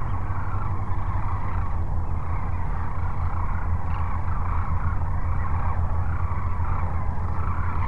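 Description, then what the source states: Sandhill cranes calling as a dense flock, many overlapping rolling calls merging into a steady chorus over a strong low rumble. Sandhill cranes at Cochise Lakes on 30 January 2019.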